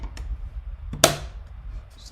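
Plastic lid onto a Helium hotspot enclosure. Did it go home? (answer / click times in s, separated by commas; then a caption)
yes / 1.0 s. A plastic lid is pressed back onto a Heltec Helium hotspot enclosure after a teardown. A faint tap at 0.9 s comes just before a sharp, loud snap at 1.0 s as the lid seats back into place. The lid is seated.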